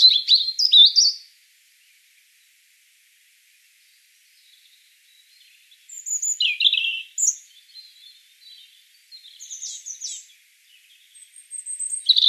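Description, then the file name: European robin song in separate short phrases of high, thin, tinkling notes with silent gaps between them. "Erithacus rubecula 240702"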